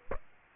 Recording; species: mosquito wingbeat signal from an infrared sensor; Aedes aegypti